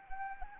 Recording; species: mosquito wingbeat signal from an infrared sensor; Anopheles arabiensis